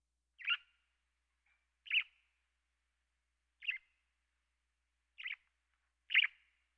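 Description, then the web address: Sparrow chirps, five short, bright single notes at irregular intervals, with a silent background between them. "eastern sparrow"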